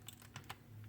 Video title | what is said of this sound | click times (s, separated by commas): Patriot Prime Reviews 1988 G1 Powermaster Doubledealer | bat head faces toward the rear what's that clicks into place | 0.4 s